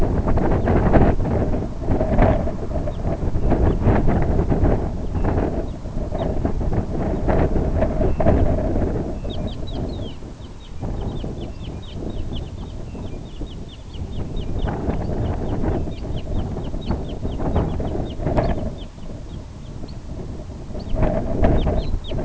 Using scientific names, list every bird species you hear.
Phalaropus fulicarius, Calcarius lapponicus